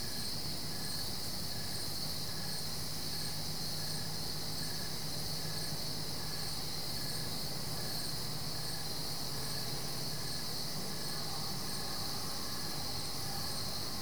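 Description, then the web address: Crickets chirping in a dense night chorus, steady high trilling with repeated pulses, over a constant low rumble. Crickets recorded at night at Goldens Bridge, New York State, United States. "The BBC Sound Effects Library. Goldens Bridge, NY State - crickets at night"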